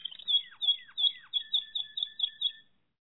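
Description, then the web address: Canary (Malinois Waterslager): canary song of repeated high whistled notes, the first few paired with falling slurred tones, the later ones with a lower steady note, in a quick series about three per second. Song of the Malinois (Waterslager) breed of canary. "~joaopt canarios racas canto malinoiss"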